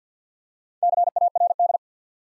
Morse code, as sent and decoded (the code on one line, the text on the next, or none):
-.-. .- .-. -..
CARD